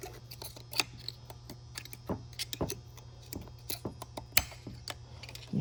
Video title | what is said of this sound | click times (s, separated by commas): 271D, Automatic To Manual Input Shaft Swap. | You hear it click in. | 4.4 s